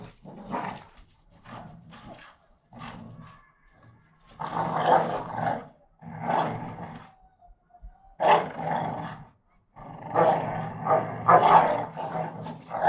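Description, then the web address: Pit bull: growling in choppy bursts, a thin whine in a lull, then renewed loud raspy snarls and growls toward the end. Two pit bulls fighting each other. "NS Studios - ultra sound collection animals dogs - Pit bull Tessa Pit bull Bahko"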